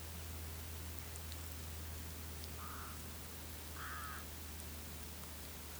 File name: vetesi-varju-hangja -vetesi-varju-Corvus-frugilegus